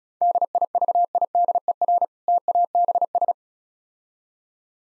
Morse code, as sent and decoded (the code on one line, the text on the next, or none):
-.. .. ...- .. -.. . .-. / - .- -... ...
DIVIDER TABS